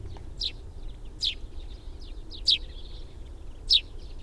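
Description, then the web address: Sparrow chirping, four quick high notes spaced roughly a second apart, with faint softer calls between and low rumbling noise beneath. "fugl s-spurv"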